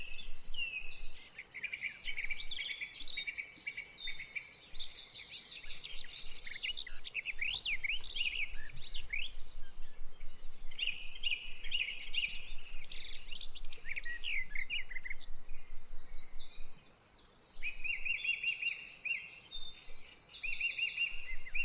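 Many birds chirp and trill at once in a dense, continuous chorus of bright, high calls, with a faint low hum underneath throughout.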